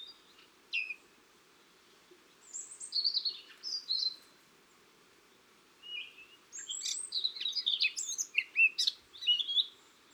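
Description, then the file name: Eurasian blackcap: warbling songbird giving a few scattered notes, then two longer bursts of quick varied chattering phrases over a faint low hum. "Sylvia atricapilla"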